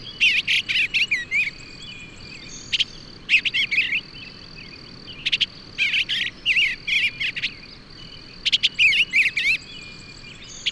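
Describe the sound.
Bird singing quick jumbled phrases of chirps and whistles, several bursts in a row, with a constant shrill insect tone running underneath.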